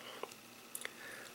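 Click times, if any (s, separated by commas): none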